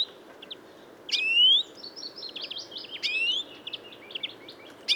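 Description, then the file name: European greenfinch calls: drawn-out rising notes, two loud ones about two seconds apart, with soft high chirps and twittering between them. "Chloris chloris"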